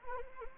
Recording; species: mosquito wingbeat signal from an infrared sensor; Anopheles arabiensis